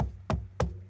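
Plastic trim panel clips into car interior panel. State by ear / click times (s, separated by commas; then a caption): seated / 0.3 s, 0.6 s. The rear speaker trim panel of a 2003-2011 Honda Element is pushed back into place, and its plastic clips snap into the car's interior panel. Two sharp knocks are heard at 0.3 s and 0.6 s as the clips seat. The panel is fully seated.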